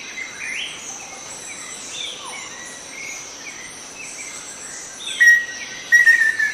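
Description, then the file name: Black-faced antthrush singing: a single loud whistle followed after a short pause by a rapid, slightly descending series of whistled notes, with constant insect buzzing and faint birds behind. "Song of Formicarius analis"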